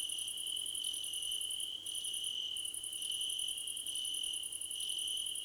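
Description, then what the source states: Crickets chirping together, a steady high drone beneath fast pulsed trills broken by brief pauses, with fainter chirps repeating roughly once a second. Several crickets chirping together, described as a choir competition.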